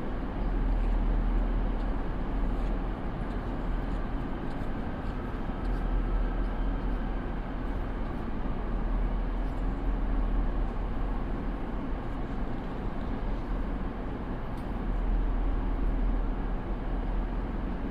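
A train to Leipzig rolls on with a steady, dense roar that holds level for the whole stretch. A deep rumble dominates underneath, with a thinner hiss above and faint ticks and clicks scattered throughout, but no distinct events stand out.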